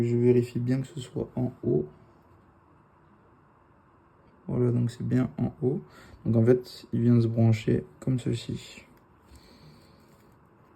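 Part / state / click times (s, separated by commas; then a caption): video transmitter cable connector into flight controller board socket / not seated / none. Someone talks while handling a video transmitter cable connector at its socket on the flight controller board of a Pavo 20 Pro drone. Only faint handling noise is heard between the talk, and the connector has not clicked or seated yet.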